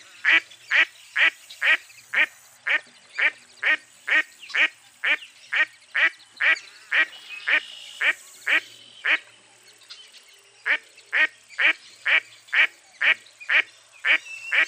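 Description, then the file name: Duck giving a long, steady run of loud nasal quacks, about two each second, briefly broken by a short gap. "zvuki glazchatoi kriakvy"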